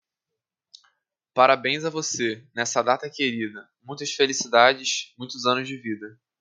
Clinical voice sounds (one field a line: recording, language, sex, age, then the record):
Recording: short text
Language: Brazilian Portuguese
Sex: male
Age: 20 to 29 years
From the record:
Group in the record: control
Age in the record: 20 years